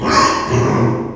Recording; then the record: squeal of a Yucatan mini pig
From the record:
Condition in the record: before surgery on the right vocal fold (resection and tissue-engineered implant); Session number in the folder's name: 2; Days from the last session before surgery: 0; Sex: male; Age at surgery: 12 weeks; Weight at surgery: 13 kg